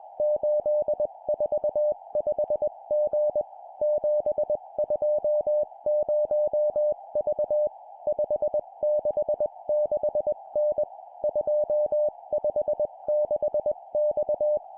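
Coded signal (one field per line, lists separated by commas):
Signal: Morse code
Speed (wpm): 21 wpm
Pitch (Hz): 600 Hz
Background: music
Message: 845G 720V 566N 256X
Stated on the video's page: Morse code course drill at 20 wpm of four-character groups: three numbers then a letter.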